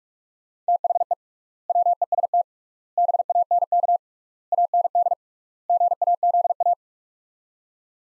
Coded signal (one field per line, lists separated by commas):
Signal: Morse code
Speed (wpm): 46 wpm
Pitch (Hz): 700 Hz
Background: none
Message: THE WEST BANK AND GAZA